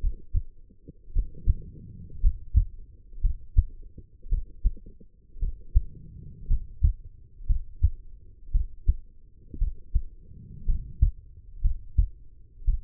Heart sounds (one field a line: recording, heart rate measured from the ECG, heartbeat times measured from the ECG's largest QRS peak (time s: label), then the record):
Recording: heart sounds by stethoscope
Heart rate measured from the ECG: 57 bpm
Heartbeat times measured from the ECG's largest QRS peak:
0.01 s: heartbeat
1.13 s: heartbeat
2.21 s: heartbeat
3.21 s: heartbeat
4.29 s: heartbeat
5.39 s: heartbeat
6.48 s: heartbeat
7.47 s: heartbeat
8.51 s: heartbeat
9.58 s: heartbeat
10.66 s: heartbeat
11.61 s: heartbeat
12.65 s: heartbeat
From the record:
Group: healthy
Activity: rest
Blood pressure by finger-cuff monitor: 114/77 mmHg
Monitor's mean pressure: 90 mmHg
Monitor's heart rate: 56 bpm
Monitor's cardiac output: 4.8 L/min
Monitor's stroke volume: 84 mL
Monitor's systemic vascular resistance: 1360 dyn s/cm5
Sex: female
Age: 23 years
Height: 160 cm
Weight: 50.4 kg